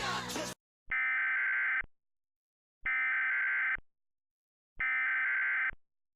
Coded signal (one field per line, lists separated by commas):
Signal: Emergency Alert System (SAME) tones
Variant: header bursts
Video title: EAS Mock - Cool Chuck